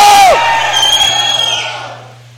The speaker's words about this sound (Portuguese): Isso é liberdade. Dá um grito de liberdade aí, bicho.